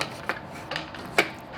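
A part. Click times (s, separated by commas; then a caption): 1.2 s. A camera quick-release plate is slid into the quick-release mount of a Glidecam 2000 handheld stabilizer until it locks. A few small sliding taps and knocks come before a sharp click at 1.2 s. The plate is seated and engaged, ready for the knob to be turned to tighten it so the camera won't fall.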